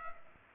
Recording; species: mosquito wingbeat signal from an infrared sensor; Culex pipiens